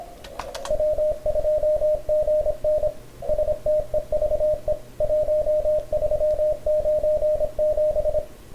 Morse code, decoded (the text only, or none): W2GN STEVE 1397